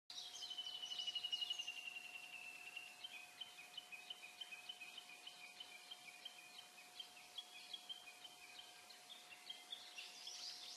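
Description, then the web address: Japanese bush warbler giving a long, rapid series of sharp notes that slide downward at first, then settle into a steady repeated chatter lasting about ten seconds over a faint steady hum. Taniwatari, the valley-crossing call. "bird voice taniwatari"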